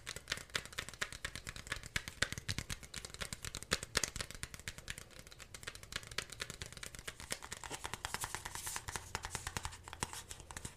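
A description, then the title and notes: Rapid, dense tapping runs through the whole stretch, a steady patter of sharp, crisp clicks with little space between them. The taps vary slightly in loudness, with a few harder hits near the four-second mark and a brighter, busier passage toward the end. Unexpected ASMR tapping.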